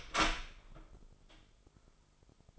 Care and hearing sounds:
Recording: daily activity, microphone in the room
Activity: open door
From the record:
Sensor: 5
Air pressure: 996.2 hPa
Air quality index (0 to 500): 51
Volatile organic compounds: 1 ppm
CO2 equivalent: 837 ppm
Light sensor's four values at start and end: 42/98/41/43 and 42/98/41/43

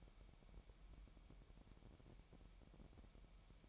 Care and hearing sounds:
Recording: daily activity, microphone in the room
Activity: take from stove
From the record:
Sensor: 1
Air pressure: 1012.1 hPa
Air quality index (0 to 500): 224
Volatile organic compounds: 5 ppm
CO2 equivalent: 1792 ppm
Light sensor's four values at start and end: 75/176/75/80 and 74/175/75/80

